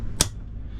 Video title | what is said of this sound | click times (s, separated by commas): Using 9 Foot Backboard Strap to Secure LP15 Monitor to Stryker Rugged Defibrillator Platform for CCT | once I know I have an audible click I know this site is engaged right then I come on this side | 0.2 s